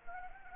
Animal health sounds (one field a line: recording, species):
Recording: mosquito wingbeat signal from an infrared sensor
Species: Anopheles arabiensis